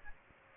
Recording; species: mosquito wingbeat signal from an infrared sensor; Aedes aegypti